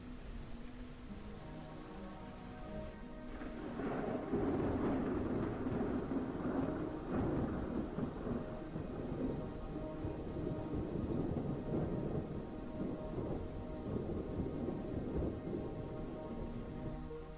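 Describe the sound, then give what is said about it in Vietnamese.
Heavy rain pours down at night in a steady, dense hiss, swelling louder after a few seconds, with deep rolling rumbles of thunder beneath it and no voices. “đội mưa chạy về phía một ngôi nhà. Trong mưa đêm, Mã Đạt không nhìn rõ cái ngôi nhà đó”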